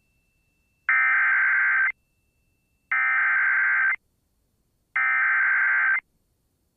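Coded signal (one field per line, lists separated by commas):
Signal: Emergency Alert System (SAME) tones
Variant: header bursts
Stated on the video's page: Personally captured real EAS alerts.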